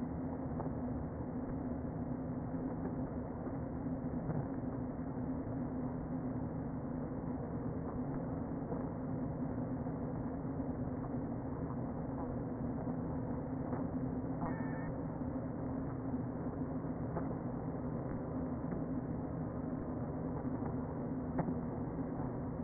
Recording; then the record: honeybee colony, microphone inside the hive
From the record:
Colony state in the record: queen present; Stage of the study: before two queens were removed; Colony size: about 60,000 bees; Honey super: yes